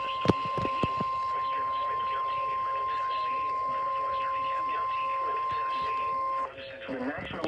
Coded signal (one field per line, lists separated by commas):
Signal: Emergency Alert System (SAME) tones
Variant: 1050 Hz attention tone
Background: speech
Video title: EAS Completion #30 Marginal Risk Insantiy EAS Alerts from July 3 EAS 849-904